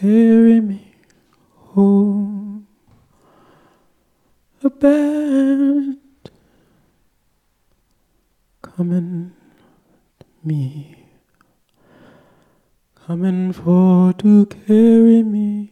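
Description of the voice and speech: An adult man sings phrases of the spiritual 'Swing Low, Sweet Chariot', a famous African-American signal song, unaccompanied in a clear, steady voice. Abrupt silent gaps of up to two and a half seconds break the phrases, once splitting a word mid-sound. This is stuttering with glottal blocks, where the vocal folds lock shut and sound halts until voicing restarts.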